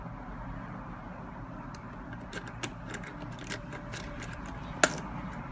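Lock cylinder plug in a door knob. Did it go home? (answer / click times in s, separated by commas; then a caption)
released / 4.8 s. Picking tools work the pin-tumbler cylinder of a Yale door knob lock, making faint scratchy ticks and small clicks over a low steady hum. A sharp, loud click at 4.8 s marks the lock popping open, and the knob can then be turned.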